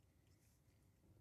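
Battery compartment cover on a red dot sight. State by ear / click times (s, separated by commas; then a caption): not seated / none. After a coin battery is inserted checkered side down, the plastic battery compartment cover on a red dot sight is handled and pushed toward closed. Only low, steady rumble and faint handling noise are heard, with no sharp hits. The cover has not clicked shut or seated yet.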